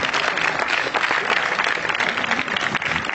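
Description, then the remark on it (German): Steady applause from an audience for the speakers after a discussion at a Peaceful Revolution event in Leipzig, 30 June 2014: a dense wash of many hands clapping at a constant, fairly loud level throughout, with no voices standing out. “Also nochmal einen ganz großen Applaus für die Redner und für eure Beteiligung, dass wir diese tolle Diskussion hier zurückgebracht haben.”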